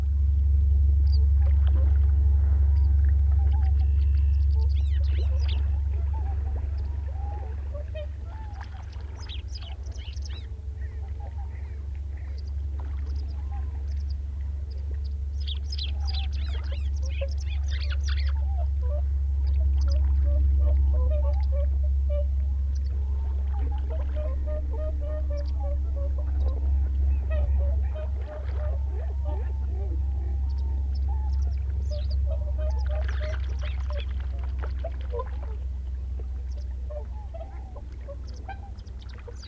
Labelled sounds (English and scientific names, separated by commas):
White Wagtail (Motacilla alba) song